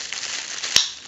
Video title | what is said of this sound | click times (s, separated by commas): EastCoastToke's Volcano Classic & Volcano Digit Review + | You'll hear it click into place whenever you connect it. | 0.1 s, 0.8 s